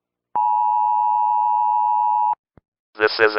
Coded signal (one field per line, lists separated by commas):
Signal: Emergency Alert System (SAME) tones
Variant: 853 and 960 Hz attention tone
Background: speech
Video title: Nickelodeon Emergency Alert System, July 23rd, 2005 (George Lopez I Only Have Eyes For You)